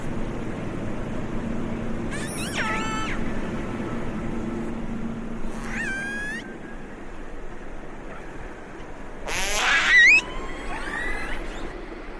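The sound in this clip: Orca calls in three separate bursts, each a quick series of harsh, stacked pulsed squeals with sharp upward and downward sweeps, against a low hiss.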